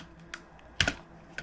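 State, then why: Released. The rear retaining clip on a Whistling Birds gauntlet dart unit is pulled from the front to remove it. It snaps right off with a sharp, loud click at 0.8 s, followed by a softer rattle just after. Faint light ticks come before and after.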